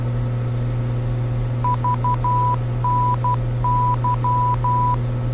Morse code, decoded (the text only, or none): VNY